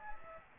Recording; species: mosquito wingbeat signal from an infrared sensor; Aedes aegypti